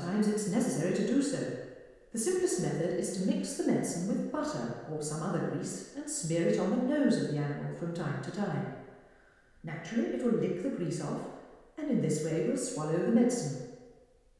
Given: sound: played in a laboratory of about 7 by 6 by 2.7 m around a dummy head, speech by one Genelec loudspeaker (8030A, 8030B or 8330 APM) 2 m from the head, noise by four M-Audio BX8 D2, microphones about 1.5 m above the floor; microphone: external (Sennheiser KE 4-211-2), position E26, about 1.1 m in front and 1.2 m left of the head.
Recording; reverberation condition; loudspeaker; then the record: female speech in English; high; 90 degrees to the left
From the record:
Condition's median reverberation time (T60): about 1300 ms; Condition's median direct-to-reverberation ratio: about -4.0 dB